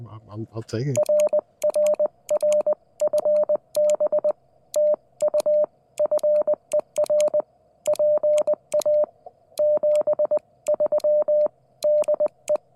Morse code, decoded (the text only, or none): RRR FB TU FER PA 73 DE